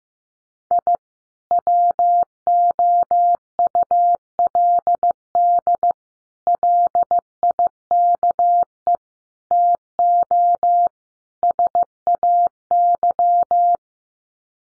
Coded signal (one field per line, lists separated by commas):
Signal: Morse code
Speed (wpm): 15 wpm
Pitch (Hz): 700 Hz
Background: none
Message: I WOULD LIKE TO SAY